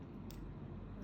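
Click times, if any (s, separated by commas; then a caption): 0.3 s. Suture thread is pressed into the spring (French) eye of a surgical needle and pulled until it snaps in. A single short, sharp click sounds at 0.3 s over a steady low background hum. The thread is seated in the needle eye.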